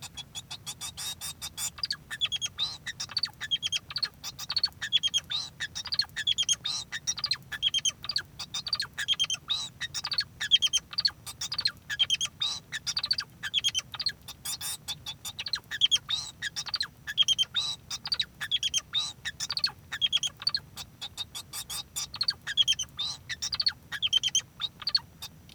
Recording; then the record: song of a male Bengalese finch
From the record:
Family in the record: son of father 2